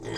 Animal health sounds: pig call; weaner (32 to 43 days)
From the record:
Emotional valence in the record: negative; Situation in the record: long isolation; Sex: female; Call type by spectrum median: low-frequency call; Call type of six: mixed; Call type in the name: high-frequency modulated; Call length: 0.18 s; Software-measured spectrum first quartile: 324 Hz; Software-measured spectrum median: 810 Hz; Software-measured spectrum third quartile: 2823 Hz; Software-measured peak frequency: 339 Hz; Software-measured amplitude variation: 101 dB a second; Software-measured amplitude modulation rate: 27.1 a second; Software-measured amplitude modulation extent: 3.7 dB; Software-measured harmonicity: 2.4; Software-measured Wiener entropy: -2.50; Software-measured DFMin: 964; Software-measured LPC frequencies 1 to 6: 426, 1887, 3263, 4895, 6473, 7336 Hz

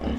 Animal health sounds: pig call; growing-finishing pig (85 days or more)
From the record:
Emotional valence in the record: negative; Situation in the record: barren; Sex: female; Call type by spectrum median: low-frequency call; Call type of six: low-frequency stable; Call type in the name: low-frequency stable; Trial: 3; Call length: 0.18 s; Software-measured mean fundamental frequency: 61 Hz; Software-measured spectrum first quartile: 143 Hz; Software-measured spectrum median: 272 Hz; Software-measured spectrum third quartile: 607 Hz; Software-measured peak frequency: 231 Hz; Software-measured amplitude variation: 133 dB a second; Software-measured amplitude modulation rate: 21.8 a second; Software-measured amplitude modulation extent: 6.1 dB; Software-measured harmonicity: -1.0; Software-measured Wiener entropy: -0.63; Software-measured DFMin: 894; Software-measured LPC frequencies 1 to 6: 1699, 2961, 3744, 5034, 5991, 7219 Hz

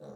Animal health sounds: pig call; piglet (1 to 25 days)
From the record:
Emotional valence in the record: negative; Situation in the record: short isolation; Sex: female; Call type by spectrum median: low-frequency call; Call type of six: low-frequency stable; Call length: 0.17 s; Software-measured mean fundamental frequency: 51 Hz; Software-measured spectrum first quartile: 225 Hz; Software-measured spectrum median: 438 Hz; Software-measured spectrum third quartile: 598 Hz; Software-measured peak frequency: 509 Hz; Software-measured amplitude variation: 78 dB a second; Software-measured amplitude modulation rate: 27.2 a second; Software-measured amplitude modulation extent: 2.9 dB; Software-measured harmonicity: 2.0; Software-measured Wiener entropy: 0.11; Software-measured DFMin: 1770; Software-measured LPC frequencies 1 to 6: 526, 3874, 5836, 6878, 8121, 9448 Hz

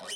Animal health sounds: pig call; piglet (1 to 25 days)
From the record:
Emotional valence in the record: negative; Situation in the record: short isolation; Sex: male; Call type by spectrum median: high-frequency call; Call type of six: mixed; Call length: 0.15 s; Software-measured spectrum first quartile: 2160 Hz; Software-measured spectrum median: 3725 Hz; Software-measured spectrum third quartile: 7077 Hz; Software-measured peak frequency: 3027 Hz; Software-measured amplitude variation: 63 dB a second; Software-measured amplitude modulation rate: 19.4 a second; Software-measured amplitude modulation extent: 3.3 dB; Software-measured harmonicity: 2.8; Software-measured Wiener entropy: -2.27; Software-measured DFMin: 599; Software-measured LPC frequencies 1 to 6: 730, 1867, 3021, 3899, 5012, 6222 Hz

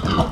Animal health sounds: pig call; growing-finishing pig (85 days or more)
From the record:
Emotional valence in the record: positive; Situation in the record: run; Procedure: transit

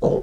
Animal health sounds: pig call; piglet (1 to 25 days)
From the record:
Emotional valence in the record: negative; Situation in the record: long isolation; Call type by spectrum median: low-frequency call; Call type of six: low-frequency modulated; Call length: 0.23 s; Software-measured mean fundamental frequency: 55 Hz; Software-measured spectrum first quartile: 245 Hz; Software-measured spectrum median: 424 Hz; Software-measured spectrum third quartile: 529 Hz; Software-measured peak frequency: 491 Hz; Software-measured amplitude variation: 147 dB a second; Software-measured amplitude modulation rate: 28.2 a second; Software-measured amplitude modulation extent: 5.2 dB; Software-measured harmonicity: 3.6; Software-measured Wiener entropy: -0.87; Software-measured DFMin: 1407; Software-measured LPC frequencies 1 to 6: 477, 3097, 4026, 5916, 6426, 8885 Hz

